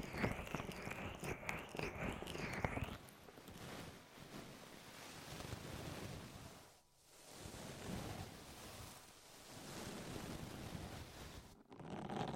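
Muffled rubbing and crackling, as in a deep ear massage. The first three seconds are brighter and busier, with rapid scratchy crinkles; then the sound turns softer and duller, swelling and fading, with brief pauses near seven and eleven and a half seconds.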